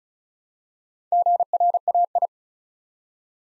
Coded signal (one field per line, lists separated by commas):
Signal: Morse code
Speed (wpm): 36 wpm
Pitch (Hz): 700 Hz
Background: none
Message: GRAI